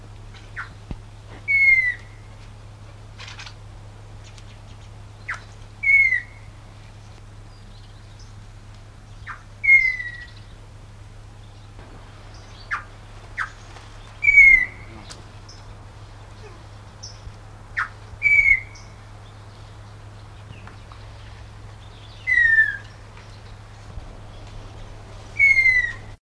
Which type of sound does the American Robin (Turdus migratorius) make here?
call